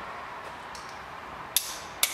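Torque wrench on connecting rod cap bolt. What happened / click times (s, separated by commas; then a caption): Torque wrench clicks at its set torque / 1.6 s, 2.0 s. A torque wrench tightens a big-end bearing cap bolt on a VW Golf's connecting rod to 20 Nm over a low steady background hiss. Two sharp metallic clicks at 1.6 s and 2.0 s mark the wrench releasing at its 20 Nm setting, confirming the bolt has reached torque.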